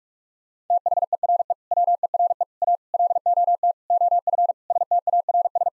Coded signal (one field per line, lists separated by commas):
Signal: Morse code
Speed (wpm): 46 wpm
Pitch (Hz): 700 Hz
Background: none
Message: THERE WERE A LOT OF STARS